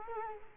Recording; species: mosquito wingbeat signal from an infrared sensor; Culex quinquefasciatus